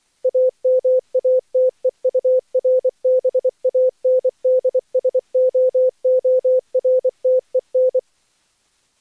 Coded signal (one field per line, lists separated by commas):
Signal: Morse code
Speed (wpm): 24 wpm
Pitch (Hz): 510 Hz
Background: none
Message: AMATEURBAND SOORTEN